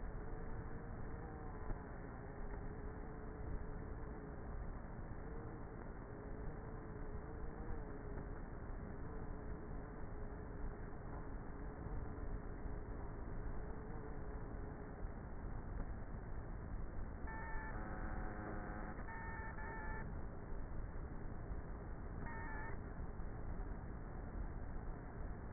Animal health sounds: honeybee colony, microphone inside the hive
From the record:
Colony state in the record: queenless with a low population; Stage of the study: before two queens were removed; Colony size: about 30,000 bees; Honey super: no

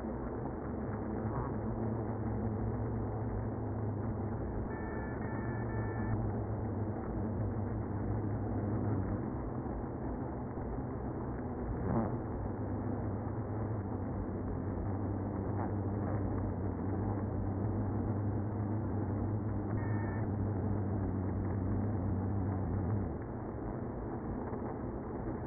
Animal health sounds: honeybee colony, microphone inside the hive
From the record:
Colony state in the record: queenless (queen removed); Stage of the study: after two queens were removed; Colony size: about 60,000 bees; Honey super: yes

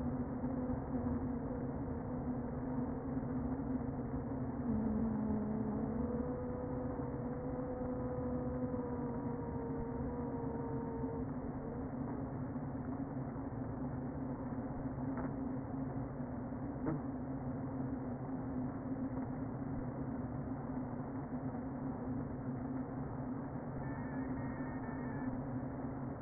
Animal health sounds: honeybee colony, microphone inside the hive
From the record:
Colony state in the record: queen present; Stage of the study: before two queens were removed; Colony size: about 60,000 bees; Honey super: yes

